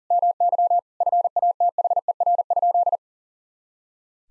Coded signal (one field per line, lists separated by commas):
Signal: Morse code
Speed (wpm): 40 wpm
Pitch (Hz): 700 Hz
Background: none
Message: MY FATHER?